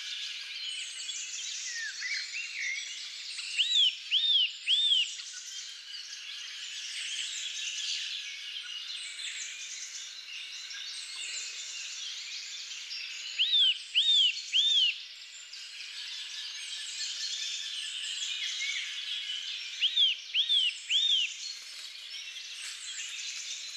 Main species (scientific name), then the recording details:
Sitta europaea. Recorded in the wild. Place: Lilienhof / Kaiserstuhl, Baden-Württemberg, DE. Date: 2009-04-13. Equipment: MiniDisc Sharp MT 20 H. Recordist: Schwarz, Dieter. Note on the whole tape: Song